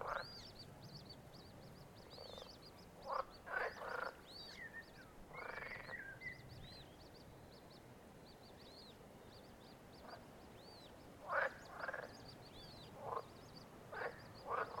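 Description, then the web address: Frog giving separate croaks, some drawn out and others clipped, with pauses between clusters and soft high chirping throughout. In nature. "frognature"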